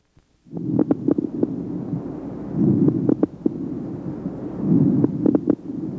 Low-pitched crackles. Crackles are due to the sudden opening of very small airways.